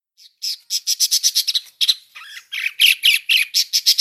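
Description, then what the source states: Long-tailed shrike song: a quick run of harsh, scratchy notes, a brief pause, then buzzy rasping phrases that climb in loudness. Full song with imitated phrases of other sounds, described as gacor style.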